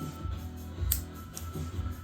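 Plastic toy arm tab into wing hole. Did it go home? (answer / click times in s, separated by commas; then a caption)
yes / 0.9 s. Small tabs on the arms of a plastic transforming toy are pushed into holes in its wing, over steady background music. A sharp snap at 0.9 s marks the arm tabs seating in the wing holes, followed by a fainter tick at 1.4 s.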